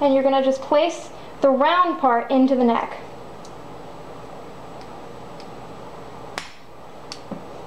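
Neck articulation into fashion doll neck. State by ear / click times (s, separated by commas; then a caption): seated / 6.4 s, 7.1 s. Someone talks while pressing the round part of a plastic neck articulation into the neck hole of a fashion doll. Two sharp clicks follow at 6.4 s and 7.1 s, and the joint is seated in the neck.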